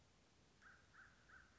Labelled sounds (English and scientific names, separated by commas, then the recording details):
American Crow (Corvus brachyrhynchos)
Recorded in Sonoma County, California